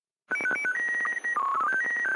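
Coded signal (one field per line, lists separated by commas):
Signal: SSTV (slow-scan television)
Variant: PD 120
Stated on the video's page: Slow Scan TV net on 145.390, live stream.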